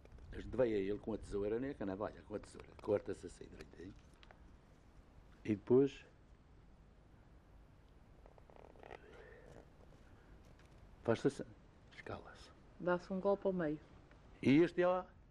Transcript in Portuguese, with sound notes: A gente vai a ele com a tesoura – nem é com a navalha, é com a tesoura – corta-se assim direitinho, [pausa] e depois, [pausa] faz-se assim: escala-se.
Dá-se um golpe ao meio.
E isto é,